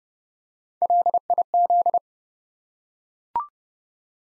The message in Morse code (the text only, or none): LIZ